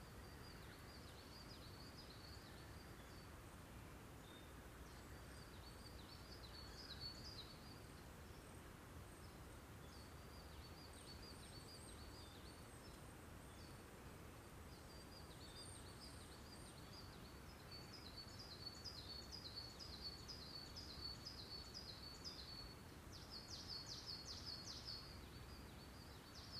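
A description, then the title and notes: A dawn chorus of small birds chirping in quick, high trills and repeated bursts, busiest around the start and again from about eighteen seconds on. Underneath runs a steady low rumble and hiss that stays constant throughout. Dawn Chorus. 午前4時頃 湯ノ丸高原にて録音.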